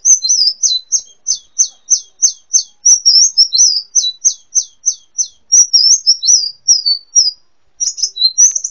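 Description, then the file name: Brown-throated sunbird song opening with a rapid string of sharp, evenly spaced high chips, then shifting into twittering slurred notes. "kolibri muncang. omkicau"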